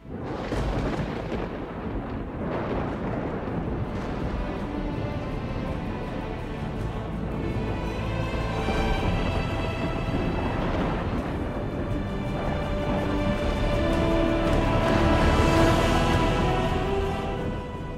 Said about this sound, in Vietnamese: Vòng luân hồi càng lúc càng mạnh khi nhận ra có kẻ muốn đối nghịch lại với quy tắc đại đạo. Những tia sét luân hồi xuất hiện liên tục đánh xuống thân ảnh của hai người.